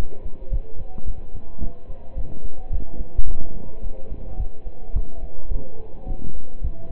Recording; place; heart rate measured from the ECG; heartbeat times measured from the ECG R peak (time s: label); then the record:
heart sounds by stethoscope; between the tricuspid and mitral areas; 108 bpm
0.52 s: heartbeat
1.07 s: heartbeat
1.62 s: heartbeat
2.17 s: heartbeat
2.72 s: heartbeat
3.27 s: heartbeat
3.83 s: heartbeat
4.39 s: heartbeat
4.95 s: heartbeat
5.51 s: heartbeat
6.07 s: heartbeat
6.63 s: heartbeat
From the record:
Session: pedaling a stationary bicycle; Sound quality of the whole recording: partially saturated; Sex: male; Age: 27 years